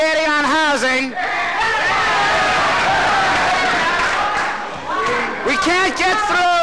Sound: cheers